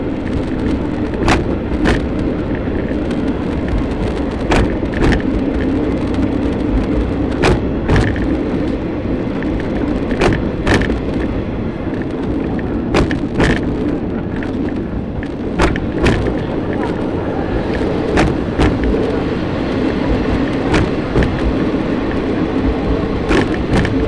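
Shimanto Torokko No. 2 on the Yodo Line, riding from Ekawasaki toward Tosa-Taisho. A steady low rumble of the moving train fills the whole clip, with sharp clicks from the rails every second or two. Faint voices sit beneath the running noise.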